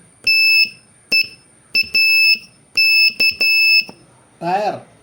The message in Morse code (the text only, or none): TEAK